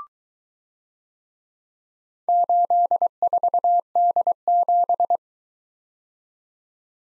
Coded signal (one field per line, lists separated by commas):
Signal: Morse code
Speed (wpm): 22 wpm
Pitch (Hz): 700 Hz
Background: none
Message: 84D7